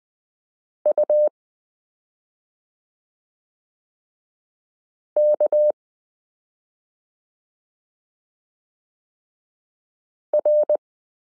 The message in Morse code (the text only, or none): UK R